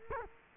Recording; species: mosquito wingbeat signal from an infrared sensor; Culex quinquefasciatus